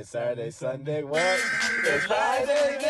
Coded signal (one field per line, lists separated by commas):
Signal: Emergency Alert System (SAME) tones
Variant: header bursts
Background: speech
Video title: Natural Disasters on Fridays ( Mufasa Friday EAS Alarm Remix )